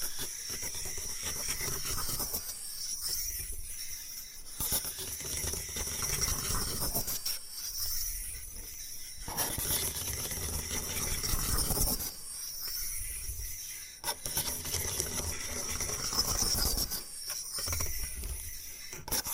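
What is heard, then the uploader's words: Bamboo being brushed and scratched in a steady, dense, hissing texture that runs for the whole clip. The sound thins out in regular gaps, around 3, 8, 13 and 18 seconds, as the strokes change direction. A bright, airy rustle sits over everything throughout. Bamboo Tapping, Scratching and Brushing Sounds.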